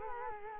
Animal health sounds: mosquito wingbeat signal from an infrared sensor; Culex quinquefasciatus

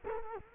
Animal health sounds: mosquito wingbeat signal from an infrared sensor; Culex quinquefasciatus

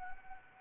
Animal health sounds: mosquito wingbeat signal from an infrared sensor; Anopheles arabiensis

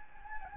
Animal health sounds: mosquito wingbeat signal from an infrared sensor; Anopheles gambiae

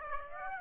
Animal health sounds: mosquito wingbeat signal from an infrared sensor; Aedes aegypti

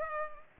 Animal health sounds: mosquito wingbeat signal from an infrared sensor; Culex pipiens

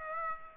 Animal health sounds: mosquito wingbeat signal from an infrared sensor; Aedes aegypti

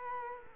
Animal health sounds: mosquito wingbeat signal from an infrared sensor; Culex quinquefasciatus

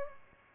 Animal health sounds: mosquito wingbeat signal from an infrared sensor; Aedes albopictus

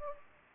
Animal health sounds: mosquito wingbeat signal from an infrared sensor; Anopheles gambiae

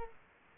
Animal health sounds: mosquito wingbeat signal from an infrared sensor; Culex quinquefasciatus

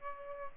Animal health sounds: mosquito wingbeat signal from an infrared sensor; Aedes albopictus

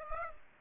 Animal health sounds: mosquito wingbeat signal from an infrared sensor; Aedes aegypti

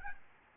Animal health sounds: mosquito wingbeat signal from an infrared sensor; Aedes albopictus

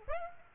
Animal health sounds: mosquito wingbeat signal from an infrared sensor; Aedes aegypti

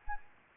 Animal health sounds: mosquito wingbeat signal from an infrared sensor; Anopheles arabiensis

